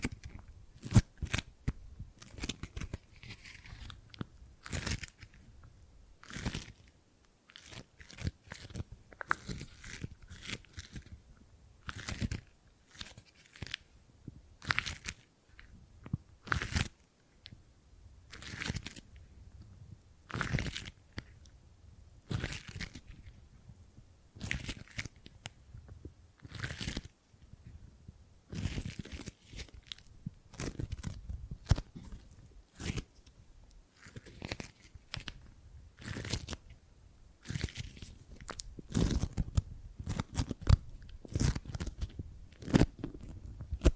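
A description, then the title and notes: Gripping and grabbing sounds, dry, made of short sharp crunches and crinkling handling noises that repeat irregularly every second or so for the whole 44 seconds. Soft rustling and low thumps fill the gaps. ASMR Brain Tingly Gripping and Grabbing Sounds for Sleep (No Talking).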